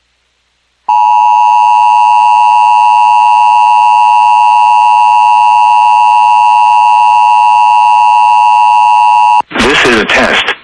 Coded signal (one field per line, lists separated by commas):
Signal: Emergency Alert System (SAME) tones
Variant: 853 and 960 Hz attention tone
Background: speech